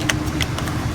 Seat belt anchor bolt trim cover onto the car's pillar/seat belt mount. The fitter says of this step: line with the tabs and push it on it locks into place